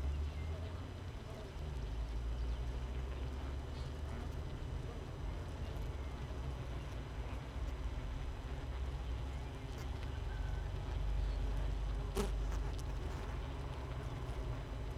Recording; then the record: honeybee colony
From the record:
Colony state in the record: missing queen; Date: 31 May 2018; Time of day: 6:02